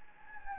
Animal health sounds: mosquito wingbeat signal from an infrared sensor; Anopheles gambiae

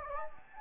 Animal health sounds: mosquito wingbeat signal from an infrared sensor; Anopheles gambiae

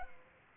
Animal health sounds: mosquito wingbeat signal from an infrared sensor; Culex pipiens

